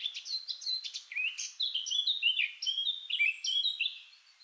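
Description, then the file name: Eurasian blackcap song, a bright sequence of clear fluted whistles and quick twittering notes, flowing without a break. "Sylvia atricapilla"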